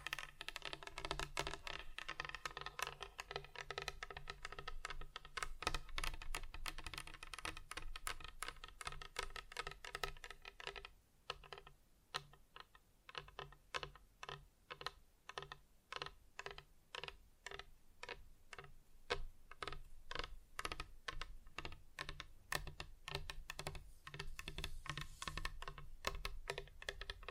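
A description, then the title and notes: Rapid fingertip tapping on hard surfaces, dense and steady for the first ten seconds, then sparser with short pauses between clustered taps. ASMR Just Tapping (Different Surfaces No Talking).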